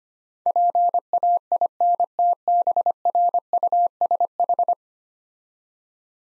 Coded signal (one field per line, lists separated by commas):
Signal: Morse code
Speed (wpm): 25 wpm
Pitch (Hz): 700 Hz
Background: none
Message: PAINTBRUSH